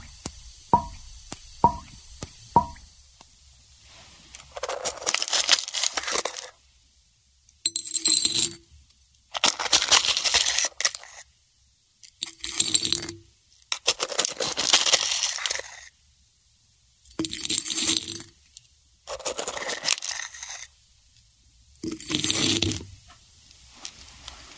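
Bubbling from a chemical reaction, beginning with a few quick ringing clicks, then repeated fizzing bursts. Each crackling hiss lasts about a second, recurring every two to three seconds with near silence between, often ending in a short low gurgle.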